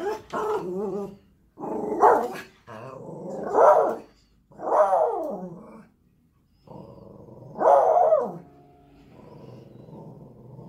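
Spitz dog giving several drawn-out, harmonic barks and yelps, some with falling pitch, with short pauses between some of them.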